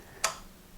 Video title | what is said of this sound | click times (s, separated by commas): Festool Domino XL DF 700 Joiner set up - Hardwarespot.com | hear audible click and the two halves are now disengaged and | 0.2 s